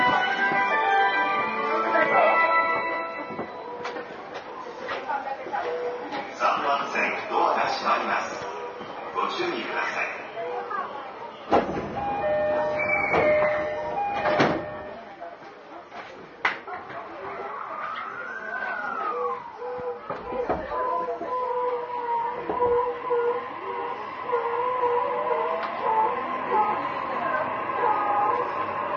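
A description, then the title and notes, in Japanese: Inside a commuter train running between stations, voices chatter steadily over the rumble of the car. Sharp clicks and thumps break in now and then, and from about twenty seconds a rising and falling motor whine and a steady tone sound beneath the talk. JRE233系 横浜ー小田原。ICレコダーで録音しています。乗車の列車は小田原行の列車です。JRE233系3000番台〜。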